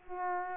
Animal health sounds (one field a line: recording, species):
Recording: mosquito wingbeat signal from an infrared sensor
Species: Culex quinquefasciatus